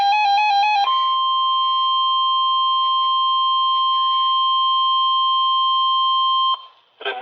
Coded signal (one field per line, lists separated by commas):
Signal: Emergency Alert System (SAME) tones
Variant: 1050 Hz attention tone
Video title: NOAA WX: Required Weekly Test 11/8/23 (EAS #220)